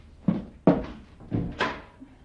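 A door is opened for a knocking visitor at visiting time, with four wooden thunks and clunks in quick succession, a latch rattling and the door knocking as it swings, with no voices.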